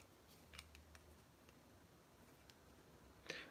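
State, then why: Seated. A plastic LEGO piece is pressed into a LEGO set during a build, with small faint ticks early on and a weak click at 3.3 s. It goes in and seats, but without a very satisfying click, which is disappointing.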